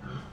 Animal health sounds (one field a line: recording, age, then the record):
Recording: pig call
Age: growing-finishing pig (85 days or more)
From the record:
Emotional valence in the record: positive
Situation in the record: run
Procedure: transit